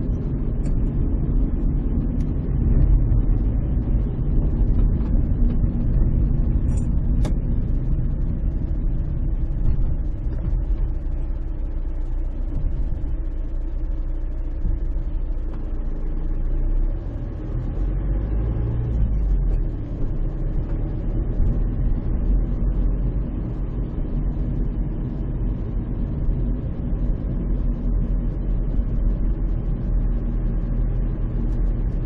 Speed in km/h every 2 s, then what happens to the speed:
27, 25, 24, 17, 10, 6, 4, 3, 10, 16, 19, 21, 20, 19, 16, 16.
0-13 slows to 3. 13-22 speeds up to 21. 22-32 steady at about 19.